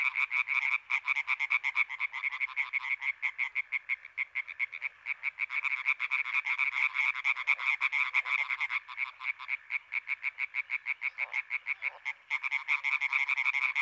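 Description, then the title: European tree frog chorus of many frogs, rapid harsh croaks pulsing in overlapping runs without pause. European tree frogs in intense chorus at Étang des Marguilliers, Sologne, France, 21 May 1993, an hour after nightfall. "Choeur de rainettes en Sologne"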